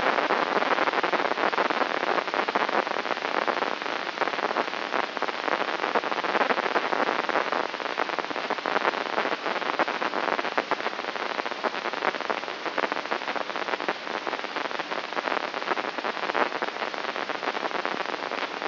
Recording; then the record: brain microelectrode recording played as sound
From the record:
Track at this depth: outside the subthalamic nucleus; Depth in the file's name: 6.629 mm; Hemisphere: left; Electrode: 3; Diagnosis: Parkinson's disease